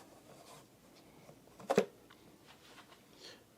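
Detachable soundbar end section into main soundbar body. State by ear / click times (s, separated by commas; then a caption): seated / 1.7 s. A detachable end section of an Ultimea Poseidon M60 soundbar is lined up by its ports and holes with the main soundbar body and twisted together one-handed. Faint handling and rubbing lead into a sharp click at 1.7 s, with a second close tap just after, as the section locks into place. Quiet shuffling follows.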